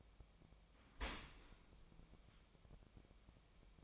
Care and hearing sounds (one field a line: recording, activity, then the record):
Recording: daily activity, microphone in the room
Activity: open dishwasher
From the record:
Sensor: 1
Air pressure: 1003.1 hPa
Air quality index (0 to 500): 197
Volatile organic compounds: 6 ppm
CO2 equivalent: 1887 ppm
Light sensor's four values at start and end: 25/61/26/31 and 24/60/25/30